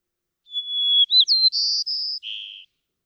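White-crowned sparrow song: sustained whistled opening, brief slurred notes, two high buzzy trills, then a lower buzzy ending note.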